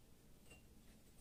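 The locking levers on the mounting bracket of a Ridgid Universal Mobile Miter Saw/Planer Stand are handled while being pushed down toward the locked position. Only quiet, steady low handling noise is heard. Nothing has locked or clicked yet.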